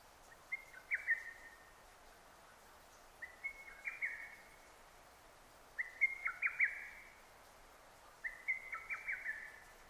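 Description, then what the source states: Lesser cuckoo song: four vigorous staccato phrases of rapid whistled notes, repeated roughly every two and a half seconds against a quiet hissing background. Recorded 6 June 2009.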